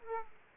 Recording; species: mosquito wingbeat signal from an infrared sensor; Aedes aegypti